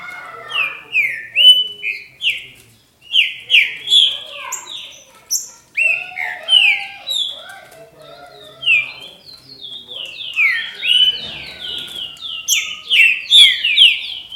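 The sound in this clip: Green-winged saltator singing rich, downslurred whistled notes in rapid runs, phrases following one another almost without break.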